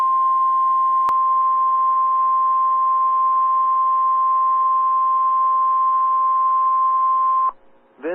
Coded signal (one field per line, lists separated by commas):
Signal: Emergency Alert System (SAME) tones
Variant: 1050 Hz attention tone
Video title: WXL57s Weekly EAS 1362